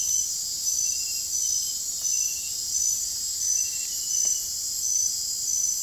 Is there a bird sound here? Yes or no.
no